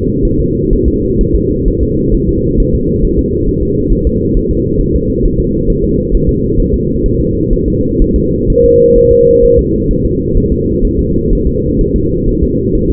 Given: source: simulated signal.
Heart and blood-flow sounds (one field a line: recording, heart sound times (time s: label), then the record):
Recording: fetal heart sounds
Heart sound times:
0.25 s: S1
0.40 s: S2
0.73 s: S1
0.88 s: S2
1.21 s: S1
1.35 s: S2
1.68 s: S1
1.83 s: S2
2.15 s: S1
2.29 s: S2
2.60 s: S1
2.75 s: S2
3.05 s: S1
3.19 s: S2
3.49 s: S1
3.63 s: S2
3.93 s: S1
4.07 s: S2
4.37 s: S1
4.51 s: S2
4.81 s: S1
4.95 s: S2
5.25 s: S1
5.40 s: S2
5.70 s: S1
5.84 s: S2
6.14 s: S1
6.29 s: S2
6.60 s: S1
6.74 s: S2
7.06 s: S1
7.20 s: S2
7.53 s: S1
7.68 s: S2
8.02 s: S1
8.16 s: S2
8.50 s: S1
8.64 s: S2
8.98 s: S1
9.12 s: S2
9.45 s: S1
9.59 s: S2
9.91 s: S1
10.05 s: S2
10.37 s: S1
10.52 s: S2
10.85 s: S1
10.99 s: S2
11.33 s: S1
11.47 s: S2
11.81 s: S1
11.96 s: S2
12.29 s: S1
12.44 s: S2
12.75 s: S1
12.90 s: S2
From the record:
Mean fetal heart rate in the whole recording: 130 bpm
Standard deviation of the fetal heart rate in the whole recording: 4 bpm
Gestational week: 38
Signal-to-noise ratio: -10.2 dB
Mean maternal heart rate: 72 bpm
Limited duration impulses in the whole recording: present